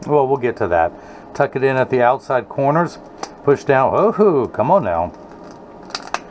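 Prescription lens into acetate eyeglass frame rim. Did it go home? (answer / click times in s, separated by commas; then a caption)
yes / 6.0 s, 6.1 s. Someone talks while a left prescription lens, a Zeiss PhotoFusion Gray with chrome anti-glare, is tucked into the outside corner of an acetate eyeglass frame and then pressed down at the nose side with the thumbs after a moment of effort. Sharp snaps at about 6.0 and 6.1 seconds mark the lens seating into the rim.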